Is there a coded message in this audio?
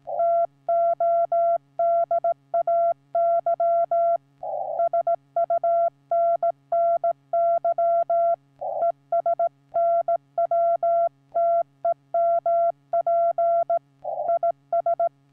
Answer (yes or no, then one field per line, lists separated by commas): yes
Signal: Morse code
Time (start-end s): 0.2-15.1 s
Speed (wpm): 16 wpm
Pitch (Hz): 680 Hz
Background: none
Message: TODAY SUNNY ES NW TEMP IS